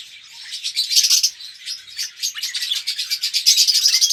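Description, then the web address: Red-rumped parrot song, quick high chirping notes, building from soft to a steady, lively chatter. "pevcii-popugai parrots psephotus-haematonotus"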